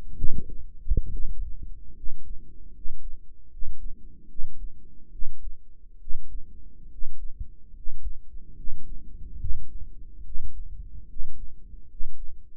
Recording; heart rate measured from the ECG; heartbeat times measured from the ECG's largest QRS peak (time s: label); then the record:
heart sounds by microphone in the right ear; 72 bpm
0.16 s: heartbeat
1.11 s: heartbeat
1.95 s: heartbeat
2.73 s: heartbeat
3.50 s: heartbeat
4.28 s: heartbeat
5.11 s: heartbeat
5.99 s: heartbeat
6.90 s: heartbeat
7.74 s: heartbeat
8.55 s: heartbeat
9.39 s: heartbeat
10.24 s: heartbeat
11.08 s: heartbeat
11.88 s: heartbeat
From the record:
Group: healthy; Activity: rest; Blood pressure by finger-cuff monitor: 118/74 mmHg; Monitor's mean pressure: 85 mmHg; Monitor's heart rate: 72 bpm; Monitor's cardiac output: 6.1 L/min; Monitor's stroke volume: 86 mL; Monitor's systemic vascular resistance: 1000 dyn s/cm5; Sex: male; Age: 35 years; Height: 180 cm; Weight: 86.9 kg